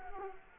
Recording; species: mosquito wingbeat signal from an infrared sensor; Culex quinquefasciatus